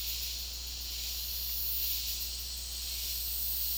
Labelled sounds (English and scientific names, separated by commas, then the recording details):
none
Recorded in dense forest near Puerto Asís, Putumayo, Colombia, on 9 March 2025 at 15:30
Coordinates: 0.503, -76.323
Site GP09